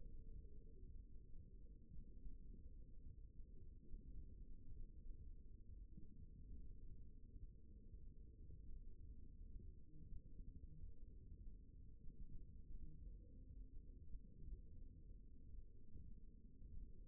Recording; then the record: forearm muscle sounds (acoustic myography)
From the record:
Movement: thumb flexion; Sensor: system 1, eight BSWA MPA416 microphones around the upper forearm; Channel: 1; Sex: male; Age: 54 years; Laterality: right